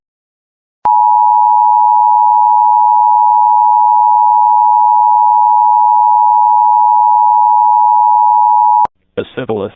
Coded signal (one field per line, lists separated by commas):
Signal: Emergency Alert System (SAME) tones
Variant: 853 and 960 Hz attention tone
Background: speech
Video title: Washington Immediate Evacuation for Wildfire Risk. (EAS 82)